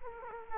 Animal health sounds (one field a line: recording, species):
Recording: mosquito wingbeat signal from an infrared sensor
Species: Culex quinquefasciatus